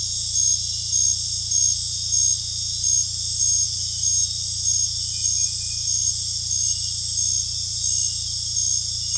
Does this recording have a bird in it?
no